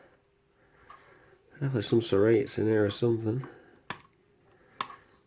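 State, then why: Released. A padlock that is a challenge lock is picked until the last pin sets and its shackle releases from the lock body. Someone talks, then sharp clicks ring out at 3.9 s and 4.8 s as the padlock pops open.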